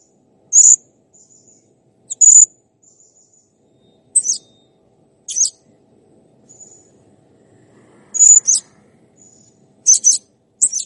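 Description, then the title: Blue-crowned hanging parrot uttering shrill, very high chirps at irregular intervals, with faint thin whistles between and a little soft background rustle. Training recording for cage songbirds; actively singing (gacor) and clear. "Masteran Burung Serindit Masteran Serindit Gacor Jernih"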